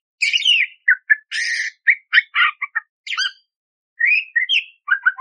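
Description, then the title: Budgerigar warble of chattering chirps, buzzy notes and short slurred whistles delivered in uneven bursts with brief pauses between them. Loud, clear chirping (gacor jernih) with rough 'tembakan kasar' fill phrases, used as masteran to train magpie robins (kacer). "Masteran Burung Parkit Gacor Jernih Full Isian Tembakan Kasar Cocok Buat Kacer"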